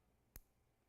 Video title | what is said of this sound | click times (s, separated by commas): TVON Live Fine Jewelry with Lauren Blair: Live jewelry shopping | two clicks click click that's when it's locked everything is inside so | 0.4 s